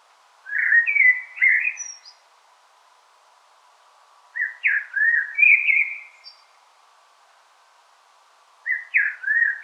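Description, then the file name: Common blackbird song: mellow whistled phrases with twisting, slurred notes, delivered in three bursts about four seconds apart, with faint high squeaks. "Turdus merula"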